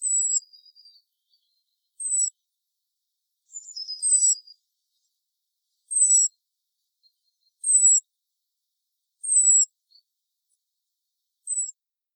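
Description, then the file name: European robin giving thin, high, slightly falling notes, repeated roughly every one and a half to two seconds, some with a lower trailing note; otherwise quiet. "Erithacus rubecula"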